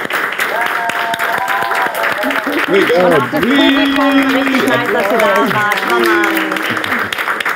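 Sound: audience applause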